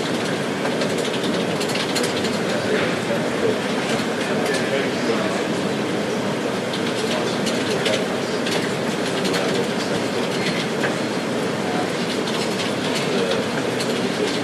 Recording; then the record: background sound without coughing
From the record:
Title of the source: Office Sounds Ambience - Background Noise for Study and Work